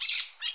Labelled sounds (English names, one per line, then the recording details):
Brown-throated Parakeet contact call
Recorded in Curacao
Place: Hoffi Jan Thiel
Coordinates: 12.094, -68.877